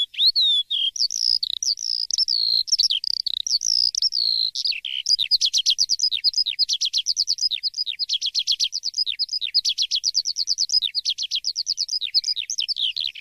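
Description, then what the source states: Lark song of looping whistled slurs that breaks into a long, rapid run of repeated sharp notes, several per second, continuing without pause. Masteran recording, used to train songbirds to copy song.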